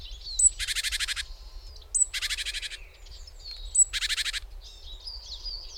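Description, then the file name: Great tit scold: three dry, buzzy churring rattles, each led by a brief high squeak, with scattered thin twittering notes in between. "Parus major"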